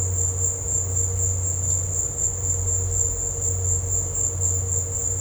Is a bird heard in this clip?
no